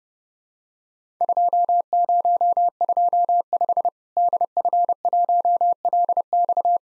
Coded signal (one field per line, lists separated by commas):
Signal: Morse code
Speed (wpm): 32 wpm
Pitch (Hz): 700 Hz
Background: none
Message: 2025 DF1LX